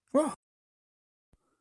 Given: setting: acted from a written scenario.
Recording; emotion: vocal sound without words; positive surprise